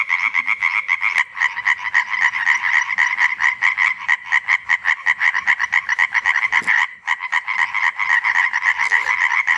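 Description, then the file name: European tree frog calling, a rapid run of harsh, nasal croaks repeated several times a second, with a brief pause just before seven seconds, then resuming. "Hyla arborea Laubfrosch Rufe"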